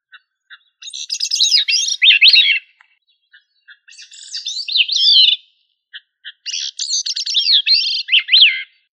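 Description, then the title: Thrush song: three warbled, whistled phrases about two seconds long, with notes sliding up and down, separated by short pauses with soft single notes between them. "Familia Turdidae - Sabia"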